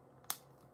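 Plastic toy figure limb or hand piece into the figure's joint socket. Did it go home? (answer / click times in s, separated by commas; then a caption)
yes / 0.3 s. A small plastic arm or hand piece for a toy action figure is pushed into the figure's joint socket. A faint tap at 0.2 s comes just before a single sharp, bright click at 0.3 s. The piece seats in place.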